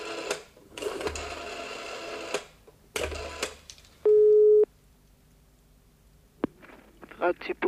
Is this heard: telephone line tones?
yes